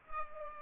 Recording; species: mosquito wingbeat signal from an infrared sensor; Culex pipiens